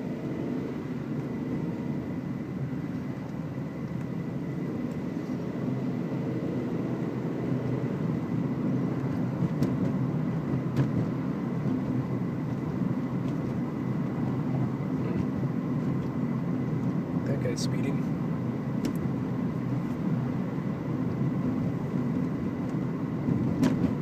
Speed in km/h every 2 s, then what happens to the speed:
30, 32, 43, 45, 47, 47, 49, 49, 49, 52, 52, 55.
0-24 speeds up to 55.